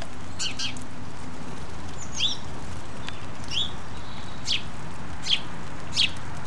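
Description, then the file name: House sparrow giving several scattered sharp chirps over a strong, steady low background rumble. "Passer domesticus"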